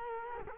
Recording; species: mosquito wingbeat signal from an infrared sensor; Culex quinquefasciatus